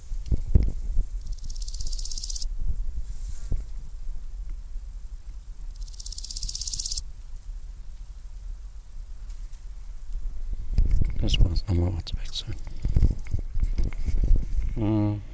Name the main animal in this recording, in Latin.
Chrysochraon dispar